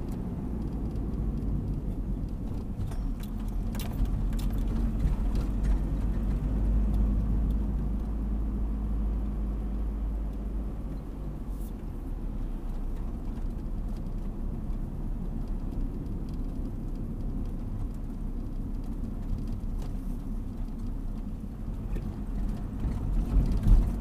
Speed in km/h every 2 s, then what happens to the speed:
37, 31, 34, 37, 37, 35, 36, 36, 33, 29, 27, 31.
6-14 steady at about 36. 14-19 slows to 27.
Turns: none.